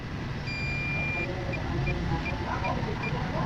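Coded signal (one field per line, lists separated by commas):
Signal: beep code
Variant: digital weighing scale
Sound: one long high beep, then five short high beeps, over background noise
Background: background noise, faint voices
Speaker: so short beep tapos long beep. Yan yung kanyang tunog. So yan yung indication na siya po ay lubat na.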